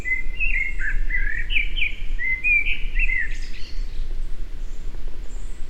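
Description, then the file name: Eurasian blackbird singing: a fluty warbled phrase lasting about three seconds, ending in a brief high squeaky twitter, over a steady low rumble. "Turdus merula"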